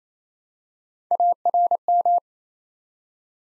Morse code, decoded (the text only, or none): ARM